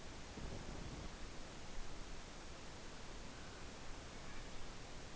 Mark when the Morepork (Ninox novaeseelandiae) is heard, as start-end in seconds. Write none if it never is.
none